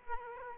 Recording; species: mosquito wingbeat signal from an infrared sensor; Aedes aegypti